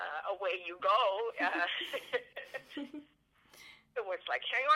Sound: laughter